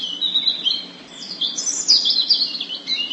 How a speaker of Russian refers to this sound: И правда, как раз в эту самую минуту запела Зарянка свою песенку, короткую и простую. Малиновый свист переходил в звенящую трель, а потом будто обрывался.